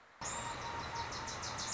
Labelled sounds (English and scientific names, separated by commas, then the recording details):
Wilson's Warbler (Cardellina pusilla)
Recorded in Sonoma County, California